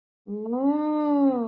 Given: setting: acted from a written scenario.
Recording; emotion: vocal sound without words; realization